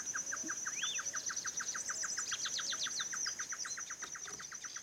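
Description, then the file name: Great Antshrike call series: fast, evenly spaced clipped notes repeated throughout, with a constant shrill insect drone above and brief chirps from other birds. Male and female pair calling; Esperanza; 27 February 2017. "Chororó-Macho-y-Hembra Esperanza 27-02-2017"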